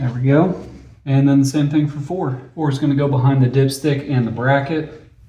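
On a 2002 Ford Ranger getting new spark plugs, wires and a coil pack to fix a P0301 misfire, the spark plug wire boot for cylinder four is being handled and routed behind the dipstick and bracket toward its spark plug while someone talks. The boot has not been pushed onto the plug, and nothing has seated or clicked yet.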